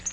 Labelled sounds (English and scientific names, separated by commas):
Nashville Warbler (Leiothlypis ruficapilla) flight call